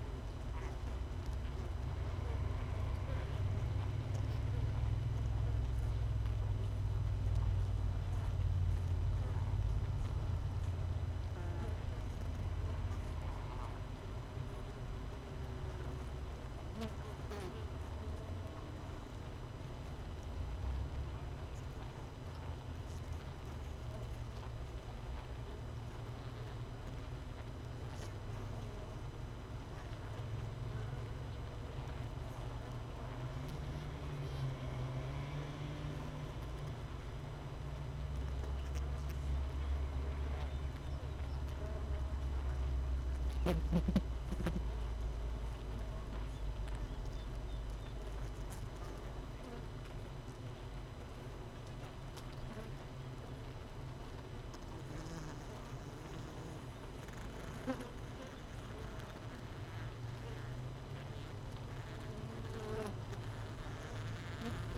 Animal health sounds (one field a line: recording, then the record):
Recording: honeybee colony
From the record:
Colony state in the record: missing queen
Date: 31 May 2018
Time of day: 6:20